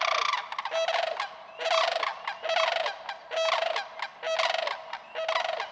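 Sandhill crane calling in rapid rattled bursts, about one every second.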